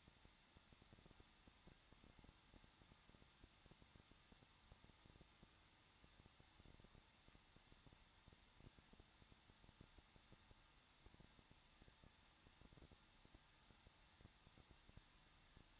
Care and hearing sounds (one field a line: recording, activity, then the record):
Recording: daily activity, microphone in the room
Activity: no activity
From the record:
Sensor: 3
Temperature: 21.2 degrees Celsius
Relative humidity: 36.4%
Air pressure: 1006.3 hPa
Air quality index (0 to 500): 223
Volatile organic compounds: 43 ppm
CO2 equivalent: 3191 ppm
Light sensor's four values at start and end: 2/3/2/2 and 2/3/2/2